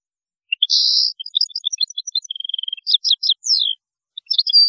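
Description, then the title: European goldfinch song: a buzzy opening note followed by a fast, varied series of tinkling twitters and a short trill, then more twittering after a brief pause. "Chant Chardonneret"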